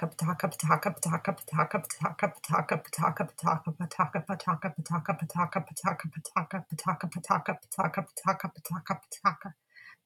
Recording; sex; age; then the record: repeated syllables /pa ta ka/; female; 30 to 39 years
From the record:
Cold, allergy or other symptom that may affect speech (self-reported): no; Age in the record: 38 years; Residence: Florida, United States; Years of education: 18